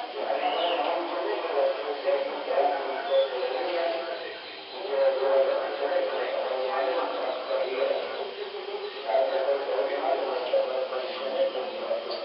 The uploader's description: A typical night in rural Chiapas when the fair comes to town.